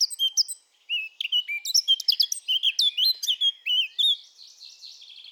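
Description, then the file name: Eurasian blackcap song: a rapid run of sweet, varied warbled notes with sharp high chips, the phrase fading into a softer scratchy twitter near the end. "Sylvia atricapilla"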